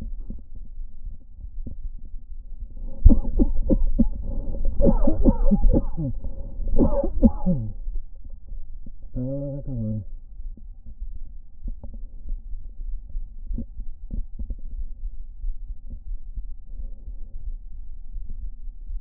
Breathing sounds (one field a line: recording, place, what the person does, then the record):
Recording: lung sounds by stethoscope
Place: left anterior apical chest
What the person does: quiet breathing, then cough and speech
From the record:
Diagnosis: COPD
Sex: male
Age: 59 years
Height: 171 cm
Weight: 91.4 kg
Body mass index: 31.3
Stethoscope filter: diaphragm mode